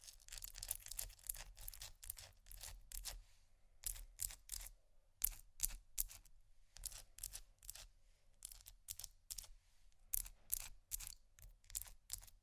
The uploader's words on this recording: ASMR fast Ice Tapping, Scratching, Rolling (No Talking).